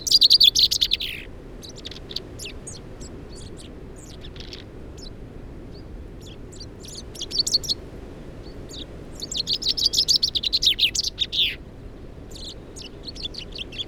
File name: Fringilla coelebs